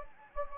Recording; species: mosquito wingbeat signal from an infrared sensor; Anopheles gambiae